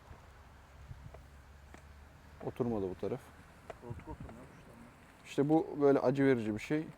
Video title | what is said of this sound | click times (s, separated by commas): 2024 Husqvarna Svartpilen 250 cc - Detaylı İnceleme Svartpilen 250 | yerine oturttuk sonra fıt yapacağız oturmadı | none